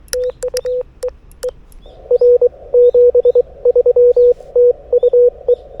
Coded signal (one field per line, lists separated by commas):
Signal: Morse code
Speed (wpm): 23 wpm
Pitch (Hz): 500 Hz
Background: none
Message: TU EE R 73 TU E